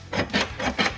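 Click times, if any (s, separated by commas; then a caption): none. Someone works the release of a kit-car door latch. Four short rubbing, rasping bursts with dull thuds are heard as the mechanism moves, around 0.1–0.2, 0.4, 0.6–0.7 and 0.8–0.9 seconds. The latch fails to release, so the door does not open and nothing has clicked or unlatched yet.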